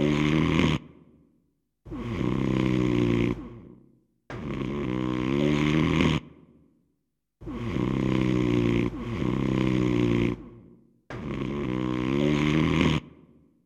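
A man snoring: about six loud, rumbling, harmonic snores in 14 seconds, each lasting one to two seconds and separated by brief silences.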